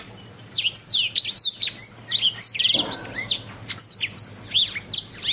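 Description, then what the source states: Oriental magpie-robin singing a fast run of clear whistles and sharp slurred notes, bright and varied, after a brief quiet opening. Song from a recording over an hour long.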